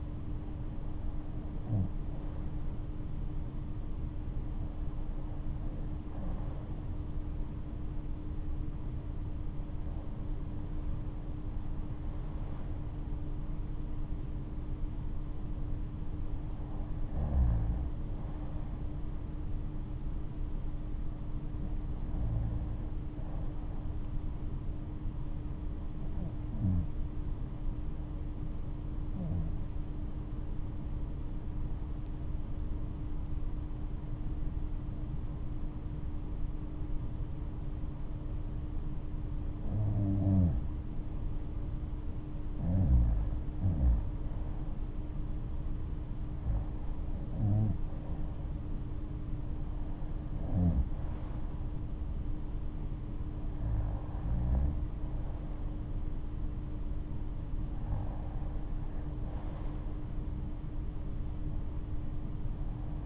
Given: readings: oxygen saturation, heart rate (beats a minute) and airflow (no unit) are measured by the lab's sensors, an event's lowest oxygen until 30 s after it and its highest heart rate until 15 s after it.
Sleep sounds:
breathing in sleep by a smartphone at the bedside; 1
33.00-47.50 s: hypopnea (REM, oxygen 97% highest, then 92% lowest, heart rate 65 at the start, 73 highest)
From the record:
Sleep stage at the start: REM sleep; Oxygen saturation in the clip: 92 to 97%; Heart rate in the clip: 62 to 77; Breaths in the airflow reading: 14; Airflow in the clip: -11.0 to 12.1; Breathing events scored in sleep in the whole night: 228 in 5.4 hours asleep

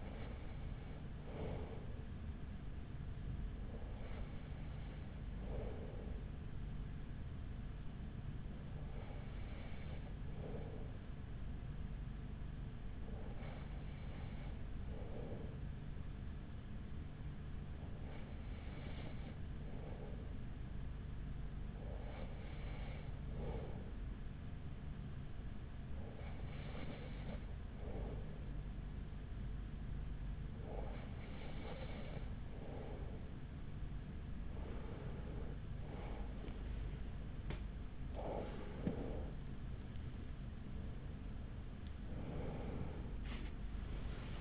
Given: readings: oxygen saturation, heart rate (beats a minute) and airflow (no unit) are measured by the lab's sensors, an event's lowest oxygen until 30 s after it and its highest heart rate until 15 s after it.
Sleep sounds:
breathing in sleep by a smartphone at the bedside; 1
1.00-31.00 s: new sleep stage, N2 (light sleep)
5.00-38.40 s: hypopnea (N2, oxygen 95% highest, then 94% lowest, heart rate 42 at the start, 69 highest)
31.00-44.41 s: new sleep stage, awake
34.00-44.41 s: awake
From the record:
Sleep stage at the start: N1 (lightest sleep); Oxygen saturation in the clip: 94 to 95%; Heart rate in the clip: 41 to 49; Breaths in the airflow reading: 11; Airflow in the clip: -5.3 to 6.7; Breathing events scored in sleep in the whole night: 207 in 7.6 hours asleep

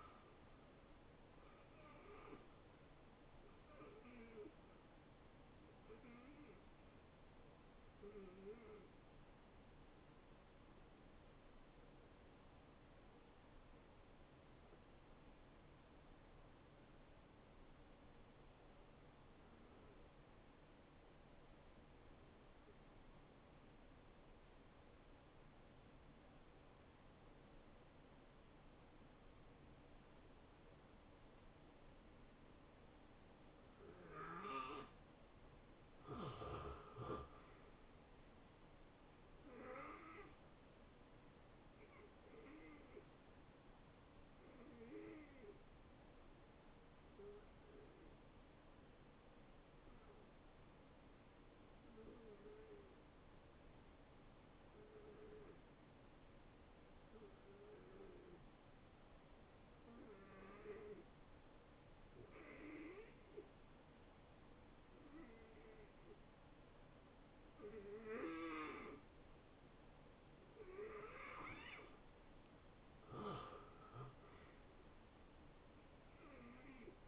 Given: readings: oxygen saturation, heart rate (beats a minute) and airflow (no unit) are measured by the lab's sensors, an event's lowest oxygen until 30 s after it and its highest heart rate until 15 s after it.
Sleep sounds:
breathing in sleep by a voice recorder at the bedside; 2
9.00-36.40 s: hypopnea (N1, oxygen 93% highest, then 80% lowest, heart rate 78 at the start, 78 highest)
20.00-50.00 s: new sleep stage, N2 (light sleep)
46.00-71.50 s: hypopnea (N2, oxygen 87% highest, then 80% lowest, heart rate 75 at the start, 81 highest)
50.00-77.08 s: new sleep stage, N1 (lightest sleep)
From the record:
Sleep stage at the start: N1 (lightest sleep); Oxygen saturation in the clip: 76 to 93%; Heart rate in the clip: 70 to 80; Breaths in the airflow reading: 12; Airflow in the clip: -21.4 to 8.2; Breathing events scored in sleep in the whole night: 263 in 5.5 hours asleep

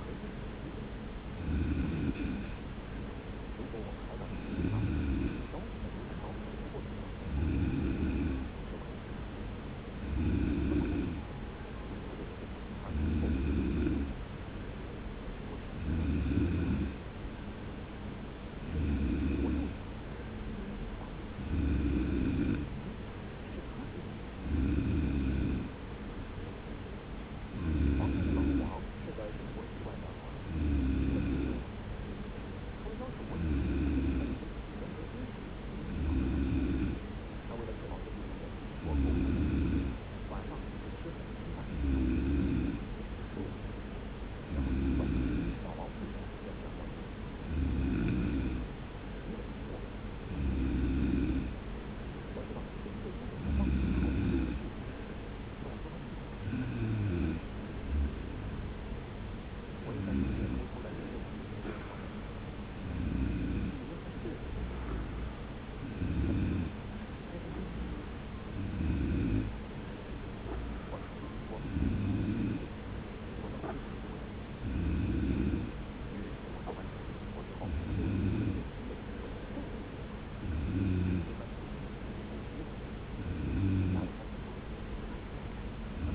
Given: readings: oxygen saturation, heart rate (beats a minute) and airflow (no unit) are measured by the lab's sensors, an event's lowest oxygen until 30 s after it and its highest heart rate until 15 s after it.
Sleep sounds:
breathing in sleep by a voice recorder at the bedside; none
none scored
From the record:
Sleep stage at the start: N3 (deep sleep); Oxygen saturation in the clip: 93 to 95%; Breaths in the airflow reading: 33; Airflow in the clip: -1.0 to 1.4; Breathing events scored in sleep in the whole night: 335 in 6.7 hours asleep

